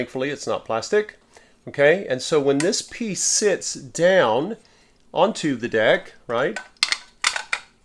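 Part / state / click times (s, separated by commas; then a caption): sewing machine bottom tray knob into its retaining clip / seated / 6.8 s. Someone talks while the bottom tray of a vintage sewing machine is set down onto the deck. At 6.8 s its aluminum knob snaps onto a small retaining clip with a sharp little click, followed by a few lighter clicks, and the tray is seated.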